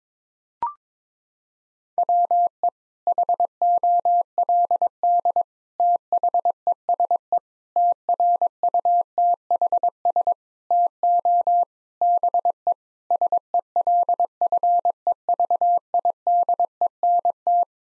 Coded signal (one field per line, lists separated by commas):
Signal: Morse code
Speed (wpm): 21 wpm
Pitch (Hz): 700 Hz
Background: none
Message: WE HOLD THESE TRUTHS TO BE SELFEVIDENT